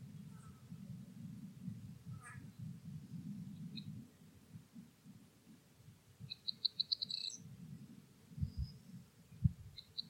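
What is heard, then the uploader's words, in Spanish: Birdsong in spring cereal fields comes over a heavy, thumping low rumble that dominates throughout. Scattered high calls appear early, then a quick jangling bunting-like phrase of rapid bright notes near seven seconds, with a couple of short calls toward the end. Primavera entre campos de cereales. A finales de Abril y con el verde de las primeras espigas de cereal podemos escuchar la alegría de los cantos del escribano triguero, el sisón, los abejarucos...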